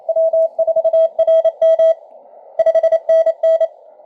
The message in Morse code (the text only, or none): W4RM 5NN